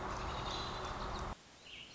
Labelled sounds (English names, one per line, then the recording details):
American Robin
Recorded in Sonoma County, California